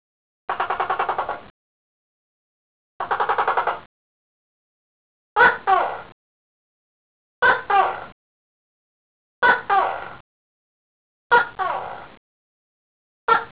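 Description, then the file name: Gecko calling: two buzzy, rattling bursts, then a series of clipped two-part barking calls repeated about every two seconds, over silence. "Gekko"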